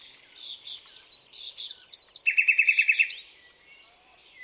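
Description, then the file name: Common nightingale song phrase: soft rising whistles build into a rapid, loud series of identical throbbing notes, then a short flourish and quiet. "Luscinia megarhynchos"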